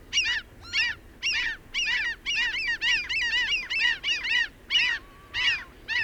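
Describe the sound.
Birds calling in a chorus of harsh, arched honks, bunched in quick overlapping clusters roughly twice a second.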